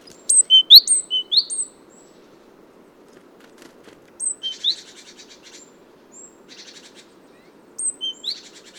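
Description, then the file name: Great tit calls: a loud opening run of sharp high down-slurred notes, then a buzzy churring rattle, and more sharp notes at the end. "Parus major"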